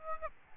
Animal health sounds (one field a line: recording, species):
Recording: mosquito wingbeat signal from an infrared sensor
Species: Aedes albopictus